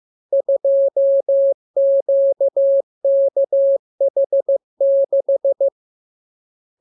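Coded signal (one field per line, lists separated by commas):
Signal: Morse code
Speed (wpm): 15 wpm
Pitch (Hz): 550 Hz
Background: none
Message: 2QKH6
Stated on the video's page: Morse lesson 40 of 42: practice radiogram opening with VVV and section sign, closing with AR, covering letters, numbers, punctuation and Q-code.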